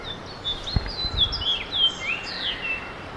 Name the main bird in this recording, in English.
House Finch